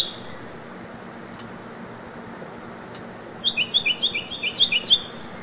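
Carolina wren singing one quick bout of repeated, ringing phrases near the end, after the tail of a phrase at the very start and a quiet stretch with only soft background noise.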